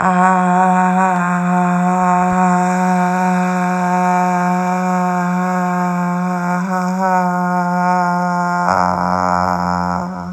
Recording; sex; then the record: sustained vowel /a/; male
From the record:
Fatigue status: no fatigue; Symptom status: asymptomatic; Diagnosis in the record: COVID-19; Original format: m4a